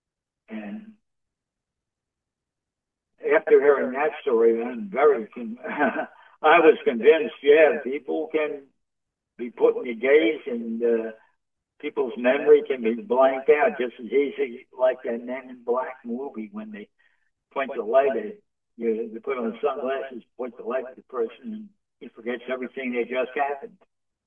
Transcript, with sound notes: And after hearing that story, then, I'm very con- (laughs) I was convinced, yeah, people can be put in a daze and, uh, uh-... people's memory can be blanked out just as easy like in Men in Black movie when they point the light at... y- they put 'em in sunglasses, point the light at the person and he forgets everything that just happened.